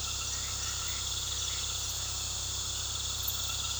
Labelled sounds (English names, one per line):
none